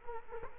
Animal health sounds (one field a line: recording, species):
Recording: mosquito wingbeat signal from an infrared sensor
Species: Culex quinquefasciatus